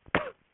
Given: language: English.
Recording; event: throat vibration sensor signal played as sound; cough